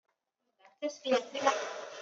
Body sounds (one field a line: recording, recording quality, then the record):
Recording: shallow voluntary cough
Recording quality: poor, much background noise or distortion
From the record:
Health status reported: COVID-19 positive, no symptoms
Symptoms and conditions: none ticked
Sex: male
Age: 29 years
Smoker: not ticked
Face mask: not worn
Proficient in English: yes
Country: India